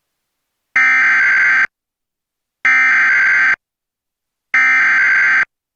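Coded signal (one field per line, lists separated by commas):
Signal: Emergency Alert System (SAME) tones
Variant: header bursts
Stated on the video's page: Los Angeles County alerts wrongly relayed nationwide on DIRECTV national satellite channels, with direct audio overlaid.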